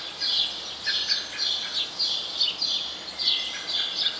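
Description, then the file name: House sparrow giving quick bright chirps in close succession, a few fainter lower notes mixed in, with steady hiss. "Passer domesticus"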